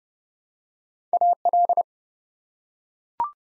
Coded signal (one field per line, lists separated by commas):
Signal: Morse code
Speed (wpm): 29 wpm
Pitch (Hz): 700 Hz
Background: none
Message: AL